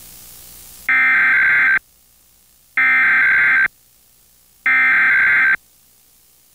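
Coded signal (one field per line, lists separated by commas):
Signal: Emergency Alert System (SAME) tones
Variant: header bursts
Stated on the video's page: NOAA Weather Radio EAS tones during an apparent nationwide station maintenance period, from stations in several states.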